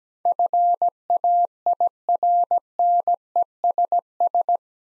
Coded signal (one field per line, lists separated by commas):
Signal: Morse code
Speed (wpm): 17 wpm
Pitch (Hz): 700 Hz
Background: none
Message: FAIRNESS